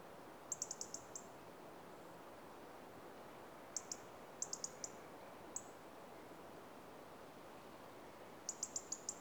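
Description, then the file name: European Robin calls: high clicking tick notes in quick bursts of several, spaced a few seconds apart, with steady background hiss. "Erithacus rubecula - European Robin"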